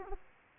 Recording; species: mosquito wingbeat signal from an infrared sensor; Aedes aegypti